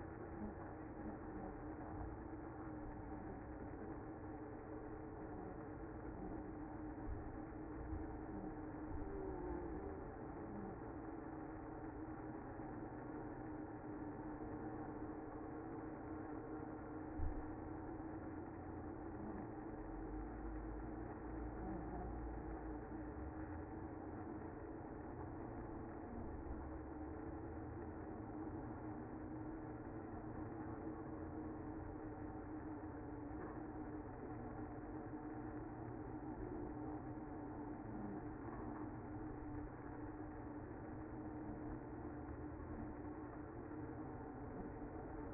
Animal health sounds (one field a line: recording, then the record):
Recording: honeybee colony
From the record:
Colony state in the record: active